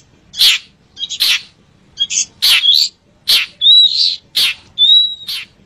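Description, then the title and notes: Long-tailed shrike giving loud grating rasps repeatedly, interspersed with short chips and a couple of thin, level whistles. "Kicau Burung Cendet"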